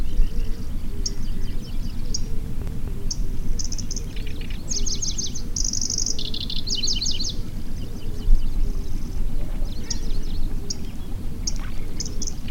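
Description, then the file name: Pallas's grasshopper warbler song with scattered high chips building to a bright buzzing trill and rapid notes, over continuous low rumble. "Golosa ptic - Pevchij sverchok Locustella certhiola"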